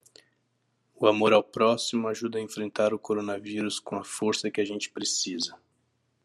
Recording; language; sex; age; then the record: spoken sentence; Brazilian Portuguese; male; 30 to 39 years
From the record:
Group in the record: control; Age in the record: 39 years